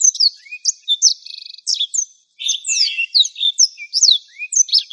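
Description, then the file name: Black-throated Canary: blackthroat song of high chirps and a buzzy rattle, a brief pause, then a dense tumbling twitter of slurred notes. "suara burung blackthroat"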